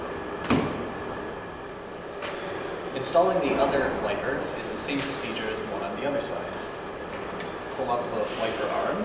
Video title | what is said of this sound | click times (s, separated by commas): How to Prepare Your Car for Winter | just slide it up until you hear the click and | 0.5 s